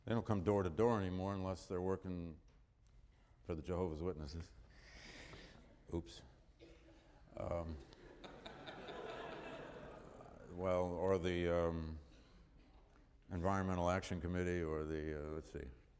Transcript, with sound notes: They don’t come door to door anymore unless they’re working for the Jehovah’s Witnesses. Oops. [Laughter] Well, or the Environmental Action Committee or the, let’s see